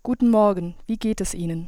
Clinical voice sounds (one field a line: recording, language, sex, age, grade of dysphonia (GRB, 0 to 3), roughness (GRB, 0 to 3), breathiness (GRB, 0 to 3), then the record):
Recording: spoken sentence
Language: German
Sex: female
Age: 20 to 29 years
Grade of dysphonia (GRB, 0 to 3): 1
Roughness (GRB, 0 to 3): 1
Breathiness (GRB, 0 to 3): 0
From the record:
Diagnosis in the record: healthy voice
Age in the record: 23 years